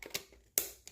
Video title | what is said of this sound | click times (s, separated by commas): Nightvision for beginners. | you can hear it click | 0.6 s